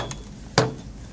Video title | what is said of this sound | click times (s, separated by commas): How to assemble a Graco Lovin' Hug® Infant Swing | and there you hear the second click | 0.6 s